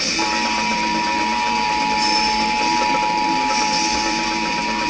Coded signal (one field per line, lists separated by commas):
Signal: Emergency Alert System (SAME) tones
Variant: 853 and 960 Hz attention tone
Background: music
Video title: EAS ALERT TONE CHOKES ON VISIONS